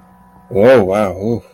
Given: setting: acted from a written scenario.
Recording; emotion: vocal sound without words; ecstasy